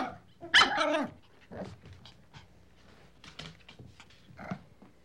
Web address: dog puppy barking and growling playful animal